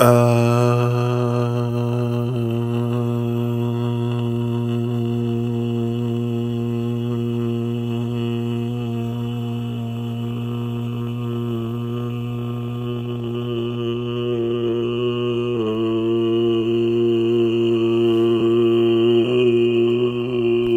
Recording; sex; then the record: sustained vowel /a/; male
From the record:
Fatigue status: fatigue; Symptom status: symptomatic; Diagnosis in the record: COVID-19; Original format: m4a